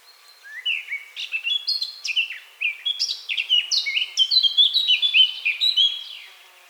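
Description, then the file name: Eurasian blackcap singing a fast, varied warble of short notes that grows louder and breaks into bright whistled phrases near the end. "Sylvia atricapilla"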